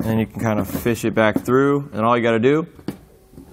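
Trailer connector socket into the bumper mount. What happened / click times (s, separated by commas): The connector is being handled and has not yet seated / none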